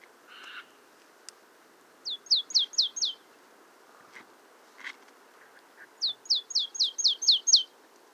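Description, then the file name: Marsh tit giving two rapid series of high, descending notes, five then seven, with a few faint clicks and other brief sounds between. "Poecile palustris"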